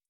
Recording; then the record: hydrophone in a shrimp aquaculture tank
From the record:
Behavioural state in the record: feeding